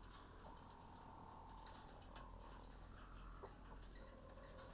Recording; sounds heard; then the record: poultry house recording; healthy chickens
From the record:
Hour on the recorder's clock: 19